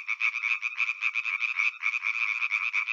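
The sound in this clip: European tree frog calling, a dense rapid series of pulsed notes running almost without pause, with a brief gap near the two-second mark.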